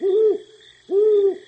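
Great horned owl hooting: two deep, smooth hoots about a second apart, each slightly arched in pitch, over a faint steady high whine.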